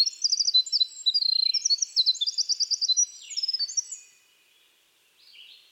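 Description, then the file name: Winter wren song, a hurried jumble of high, sharp trilled phrases lasting about four seconds, followed by quiet and a faint lower note. "Troglodytes hiemalis - Winter Wren"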